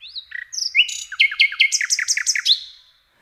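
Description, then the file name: Common nightingale song: a few pure whistled notes, then a quick run of sharp, repeated chirps that fade out at the end. "Slowik rdzawy"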